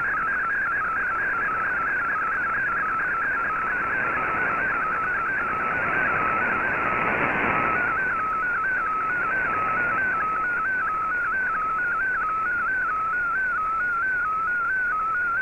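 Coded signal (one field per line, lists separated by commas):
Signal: multi-tone FSK (Olivia or MFSK type)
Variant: MFSK32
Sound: rapid warbling single tone stepping between pitches, steady throughout, over hiss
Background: radio static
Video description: Here is my decode of the Shortwave Radiogram broadcast today on 15770Khz shortwave radio at 1300UTC in MFSK32 and 64 and with 9 SSTV images.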